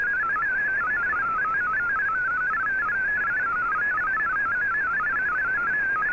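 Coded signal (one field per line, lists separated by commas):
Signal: multi-tone FSK (Olivia or MFSK type)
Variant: MFSK32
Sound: rapid warbling single tone hopping between pitches, continuous over noisy band-limited hiss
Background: radio static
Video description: Here is my decode of the Shortwave Radiogram broadcast today on 15770Khz shortwave radio at 1300UTC in MFSK32 and 64 and with 9 SSTV images.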